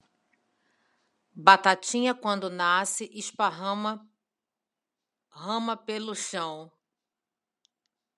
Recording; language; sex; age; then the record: short text; Brazilian Portuguese; female; 40 to 49 years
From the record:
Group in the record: control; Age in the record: 43 years